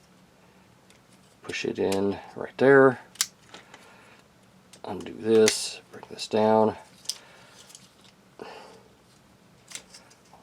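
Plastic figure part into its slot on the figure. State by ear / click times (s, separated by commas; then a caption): not seated / none. A plastic part of a Thunderbolt Mechanic Studios G1 Blitzwing figure is brought down toward its slot on the figure while someone talks. Several small plastic knocks are heard, the sharpest near 3.2 s and 7.1 s. The part fails to go in, and nothing has seated or clicked yet.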